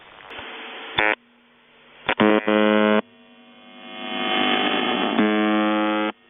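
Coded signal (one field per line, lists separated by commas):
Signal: channel marker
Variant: UVB-76 (The Buzzer)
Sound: harsh low buzzes of varying length, four bursts, between hissy shortwave noise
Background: radio static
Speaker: Okay, well, there's just a couple examples of how the Russian UVB-76 operators have chosen to try and get people who are occupying the frequency that they also occupy from taking advantage of it at the same time.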